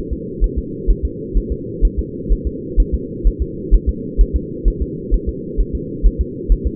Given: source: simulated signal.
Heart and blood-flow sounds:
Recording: fetal heart sounds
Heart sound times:
0.13 s: S2
0.44 s: S1
0.59 s: S2
0.90 s: S1
1.05 s: S2
1.37 s: S1
1.52 s: S2
1.85 s: S1
1.99 s: S2
2.32 s: S1
2.47 s: S2
2.80 s: S1
2.94 s: S2
3.27 s: S1
3.42 s: S2
3.74 s: S1
3.89 s: S2
4.21 s: S1
4.36 s: S2
4.68 s: S1
4.82 s: S2
5.14 s: S1
5.29 s: S2
5.61 s: S1
5.75 s: S2
6.06 s: S1
6.21 s: S2
6.52 s: S1
6.67 s: S2
From the record:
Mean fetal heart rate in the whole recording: 130 bpm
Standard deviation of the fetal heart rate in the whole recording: 2 bpm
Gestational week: 36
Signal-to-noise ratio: -4.1 dB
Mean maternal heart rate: no maternal heart sound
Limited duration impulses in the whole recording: absent

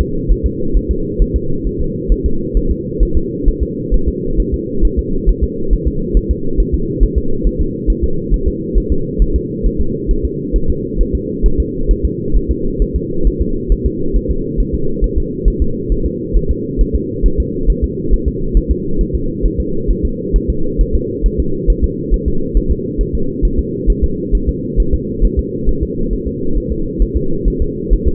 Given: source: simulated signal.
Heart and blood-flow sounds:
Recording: fetal heart sounds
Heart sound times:
0.01 s: S2
0.31 s: S1
0.46 s: S2
0.77 s: S1
0.91 s: S2
1.22 s: S1
1.36 s: S2
1.67 s: S1
1.81 s: S2
2.12 s: S1
2.26 s: S2
2.57 s: S1
2.71 s: S2
3.03 s: S1
3.17 s: S2
3.48 s: S1
3.63 s: S2
3.94 s: S1
4.08 s: S2
4.40 s: S1
4.54 s: S2
4.85 s: S1
4.99 s: S2
5.29 s: S1
5.44 s: S2
5.73 s: S1
5.88 s: S2
6.17 s: S1
6.31 s: S2
6.60 s: S1
6.74 s: S2
7.03 s: S1
7.18 s: S2
7.47 s: S1
7.61 s: S2
7.90 s: S1
8.04 s: S2
8.34 s: S1
8.48 s: S2
8.78 s: S1
8.92 s: S2
9.22 s: S1
9.36 s: S2
9.66 s: S1
9.81 s: S2
10.11 s: S1
10.25 s: S2
10.56 s: S1
10.70 s: S2
11.01 s: S1
11.15 s: S2
11.46 s: S1
11.60 s: S2
11.91 s: S1
12.05 s: S2
12.36 s: S1
12.51 s: S2
12.82 s: S1
12.96 s: S2
13.27 s: S1
13.42 s: S2
13.72 s: S1
13.86 s: S2
14.17 s: S1
14.31 s: S2
14.60 s: S1
14.75 s: S2
15.04 s: S1
15.18 s: S2
15.48 s: S1
15.62 s: S2
15.92 s: S1
16.06 s: S2
16.37 s: S1
16.51 s: S2
16.81 s: S1
16.95 s: S2
17.26 s: S1
17.40 s: S2
17.70 s: S1
17.84 s: S2
18.14 s: S1
18.28 s: S2
18.57 s: S1
18.71 s: S2
19.01 s: S1
19.15 s: S2
19.46 s: S1
19.60 s: S2
19.91 s: S1
20.05 s: S2
20.36 s: S1
20.50 s: S2
20.81 s: S1
20.95 s: S2
21.26 s: S1
21.40 s: S2
21.70 s: S1
21.84 s: S2
22.14 s: S1
22.28 s: S2
22.57 s: S1
22.72 s: S2
23.01 s: S1
23.15 s: S2
23.45 s: S1
23.59 s: S2
23.90 s: S1
24.04 s: S2
24.35 s: S1
24.49 s: S2
24.80 s: S1
24.94 s: S2
25.25 s: S1
25.39 s: S2
25.69 s: S1
25.83 s: S2
26.13 s: S1
26.27 s: S2
26.58 s: S1
26.72 s: S2
27.02 s: S1
27.17 s: S2
27.48 s: S1
27.62 s: S2
27.93 s: S1
28.08 s: S2
From the record:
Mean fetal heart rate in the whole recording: 135 bpm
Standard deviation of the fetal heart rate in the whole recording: 3 bpm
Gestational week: 36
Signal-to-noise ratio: -8.1 dB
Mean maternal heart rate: 72 bpm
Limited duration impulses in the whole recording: absent

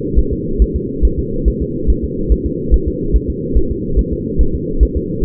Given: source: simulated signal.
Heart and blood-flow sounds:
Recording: fetal heart sounds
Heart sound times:
0.19 s: S1
0.33 s: S2
0.62 s: S1
0.76 s: S2
1.05 s: S1
1.19 s: S2
1.48 s: S1
1.62 s: S2
1.90 s: S1
2.04 s: S2
2.32 s: S1
2.46 s: S2
2.74 s: S1
2.88 s: S2
3.16 s: S1
3.30 s: S2
3.57 s: S1
3.71 s: S2
3.99 s: S1
4.13 s: S2
4.41 s: S1
4.55 s: S2
4.83 s: S1
4.97 s: S2
From the record:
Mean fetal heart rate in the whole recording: 140 bpm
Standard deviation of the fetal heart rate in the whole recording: 2 bpm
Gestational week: 34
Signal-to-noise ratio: -8.1 dB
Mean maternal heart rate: 72 bpm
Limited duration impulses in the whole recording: absent

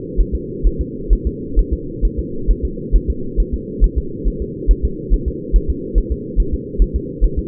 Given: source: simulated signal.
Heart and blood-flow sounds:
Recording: fetal heart sounds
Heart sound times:
0.20 s: S1
0.35 s: S2
0.67 s: S1
0.81 s: S2
1.13 s: S1
1.27 s: S2
1.59 s: S1
1.73 s: S2
2.05 s: S1
2.19 s: S2
2.51 s: S1
2.65 s: S2
2.96 s: S1
3.10 s: S2
3.40 s: S1
3.54 s: S2
3.84 s: S1
3.98 s: S2
4.28 s: S1
4.42 s: S2
4.71 s: S1
4.85 s: S2
5.14 s: S1
5.28 s: S2
5.56 s: S1
5.70 s: S2
5.98 s: S1
6.12 s: S2
6.40 s: S1
6.54 s: S2
6.82 s: S1
6.96 s: S2
7.24 s: S1
7.39 s: S2
From the record:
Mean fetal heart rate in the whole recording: 135 bpm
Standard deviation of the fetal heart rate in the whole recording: 3 bpm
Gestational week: 36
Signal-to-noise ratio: -4.3 dB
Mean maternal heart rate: 72 bpm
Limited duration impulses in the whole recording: absent

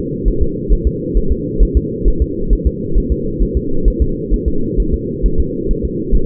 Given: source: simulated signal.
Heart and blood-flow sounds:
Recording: fetal heart sounds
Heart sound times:
0.28 s: S1
0.42 s: S2
0.73 s: S1
0.87 s: S2
1.17 s: S1
1.32 s: S2
1.63 s: S1
1.77 s: S2
2.08 s: S1
2.22 s: S2
2.53 s: S1
2.67 s: S2
2.98 s: S1
3.12 s: S2
3.42 s: S1
3.57 s: S2
3.88 s: S1
4.02 s: S2
4.34 s: S1
4.48 s: S2
4.80 s: S1
4.94 s: S2
5.26 s: S1
5.40 s: S2
5.71 s: S1
5.85 s: S2
6.15 s: S1
From the record:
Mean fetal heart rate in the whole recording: 135 bpm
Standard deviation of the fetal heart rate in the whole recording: 3 bpm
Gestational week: 36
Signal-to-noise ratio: -8.1 dB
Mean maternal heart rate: 72 bpm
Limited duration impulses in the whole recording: absent

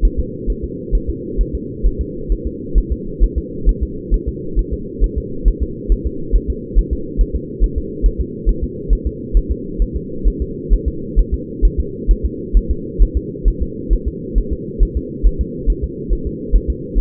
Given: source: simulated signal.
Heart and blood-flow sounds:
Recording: fetal heart sounds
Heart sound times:
0.05 s: S1
0.20 s: S2
0.50 s: S1
0.64 s: S2
0.95 s: S1
1.10 s: S2
1.41 s: S1
1.55 s: S2
1.87 s: S1
2.01 s: S2
2.32 s: S1
2.47 s: S2
2.78 s: S1
2.92 s: S2
3.23 s: S1
3.38 s: S2
3.69 s: S1
3.83 s: S2
4.14 s: S1
4.28 s: S2
4.59 s: S1
4.73 s: S2
5.04 s: S1
5.18 s: S2
5.48 s: S1
5.62 s: S2
5.92 s: S1
6.06 s: S2
6.36 s: S1
6.50 s: S2
6.79 s: S1
6.93 s: S2
7.21 s: S1
7.36 s: S2
7.64 s: S1
7.78 s: S2
8.06 s: S1
8.21 s: S2
8.49 s: S1
8.63 s: S2
8.93 s: S1
9.07 s: S2
9.37 s: S1
9.52 s: S2
9.82 s: S1
9.96 s: S2
10.28 s: S1
10.42 s: S2
10.73 s: S1
10.88 s: S2
11.19 s: S1
11.34 s: S2
11.65 s: S1
11.80 s: S2
12.11 s: S1
12.25 s: S2
12.57 s: S1
12.71 s: S2
13.02 s: S1
13.17 s: S2
13.48 s: S1
13.62 s: S2
13.93 s: S1
14.08 s: S2
14.38 s: S1
14.53 s: S2
14.83 s: S1
14.97 s: S2
15.27 s: S1
15.41 s: S2
15.70 s: S1
15.84 s: S2
16.13 s: S1
16.27 s: S2
16.56 s: S1
16.70 s: S2
16.98 s: S1
From the record:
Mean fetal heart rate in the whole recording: 135 bpm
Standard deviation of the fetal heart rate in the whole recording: 3 bpm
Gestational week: 36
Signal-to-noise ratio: -4.3 dB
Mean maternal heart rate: 72 bpm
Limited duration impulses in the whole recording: absent

